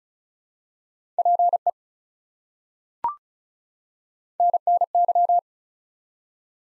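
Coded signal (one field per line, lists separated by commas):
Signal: Morse code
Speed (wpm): 36 wpm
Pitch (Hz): 700 Hz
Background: none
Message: PE NNY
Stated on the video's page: ARRL section abbreviations sent at 35 wpm as a head-copy drill for Field Day contest exchanges, each sent twice.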